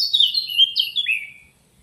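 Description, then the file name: Eurasian blackcap giving a short whistled phrase of clear, slightly falling notes that ends on a lower fading note. "Sylvia atricapilla"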